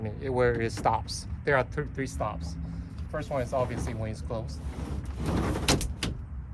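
An aluminum slide bed cover on a Nissan Titan truck bed is handled while someone talks, with vehicle and cover-moving noise and brief sharp sounds near the end. The cover has three stop positions, but nothing has latched or seated yet.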